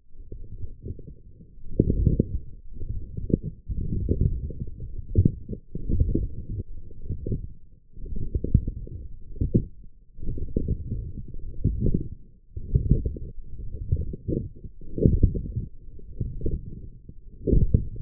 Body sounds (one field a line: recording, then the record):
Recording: forearm muscle sounds (acoustic myography)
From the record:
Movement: forearm pronation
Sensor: system 1, eight BSWA MPA416 microphones around the upper forearm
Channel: 7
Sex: male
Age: 20 years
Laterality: left